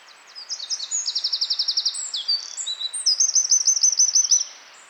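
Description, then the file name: Eurasian wren song, a continuous outpouring of very high, sharp notes with two rapid rattling trills, loud and hurried, ending after about four seconds. "Troglodytes troglodytes"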